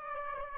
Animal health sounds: mosquito wingbeat signal from an infrared sensor; Aedes aegypti

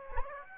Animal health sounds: mosquito wingbeat signal from an infrared sensor; Aedes aegypti

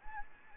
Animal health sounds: mosquito wingbeat signal from an infrared sensor; Anopheles gambiae

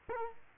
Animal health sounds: mosquito wingbeat signal from an infrared sensor; Culex quinquefasciatus

